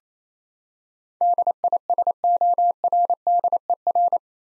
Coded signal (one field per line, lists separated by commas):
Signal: Morse code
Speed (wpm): 27 wpm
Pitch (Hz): 700 Hz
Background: none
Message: DISORDER